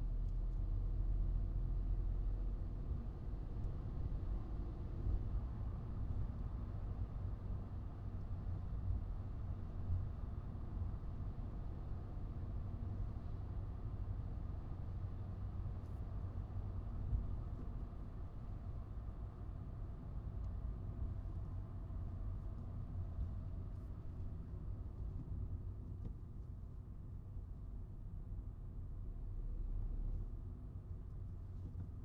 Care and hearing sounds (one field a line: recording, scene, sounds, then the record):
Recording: everyday scene through a hearing-aid microphone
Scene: in a vehicle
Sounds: engine, highway driving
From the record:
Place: Skoda Fabia, gasoline engine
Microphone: in the ear canal, right